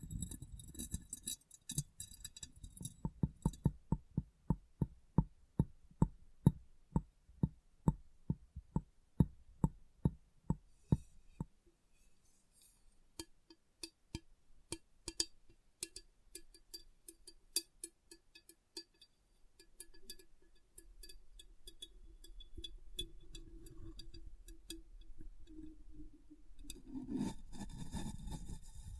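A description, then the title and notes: Glass being tapped and cleaned: a quick, regular run of sharp taps from about 2 to 11 seconds, followed by scattered clinks and ticks. Softer rubbing and wiping fills the second half, with a louder low scrubbing burst near the end. ASMR Glass Brain Tapping & Cleaning (No Talking).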